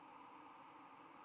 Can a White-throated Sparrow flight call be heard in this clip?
yes